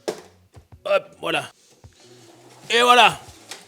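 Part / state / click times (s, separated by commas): metal top cover on a rack-mount server chassis / not seated / none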